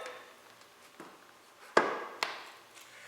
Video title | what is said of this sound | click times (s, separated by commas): Tire valve stem repair kit for Dummys | and it will snap in place | 1.8 s